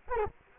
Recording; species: mosquito wingbeat signal from an infrared sensor; Culex quinquefasciatus